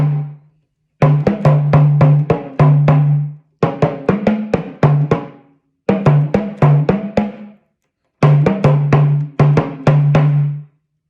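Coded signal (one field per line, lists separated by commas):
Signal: talking drum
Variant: Yoruba sakara drum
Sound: four repeated phrases of about seven drum strokes, low resonant tone rising and falling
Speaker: same sentence with this one with the higher pitch will give you something the same along the same tone but just a little bit higher pitch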